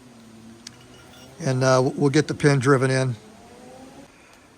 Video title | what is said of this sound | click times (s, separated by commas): Colt M16A2 Carbine 727/RO727 Retro H&R COTS Lower Partial! | So let me get this snapped into place | 0.7 s